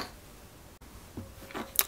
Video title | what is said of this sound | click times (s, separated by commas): MONTEZ LA PORSCHE 917KH IXOCOLLECTIONS BOX 12 étape 45/48 | cette pièce hop un ca se clipse et ça donne ce résultat | 1.8 s